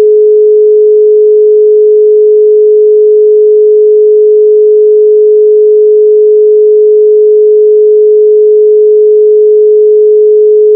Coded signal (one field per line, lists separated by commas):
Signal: telephone call progress tone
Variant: Europe, 425 Hz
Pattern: dial tone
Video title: Dial tone (Europe, NL-DE-NO-CH-IT-SE) (Long Version)